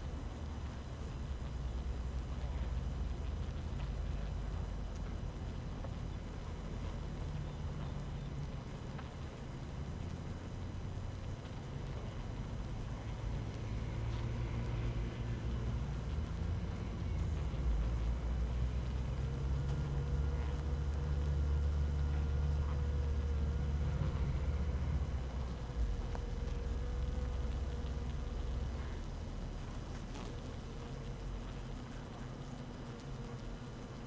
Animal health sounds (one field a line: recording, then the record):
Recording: honeybee colony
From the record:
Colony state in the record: active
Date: 12 June 2018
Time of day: 6:22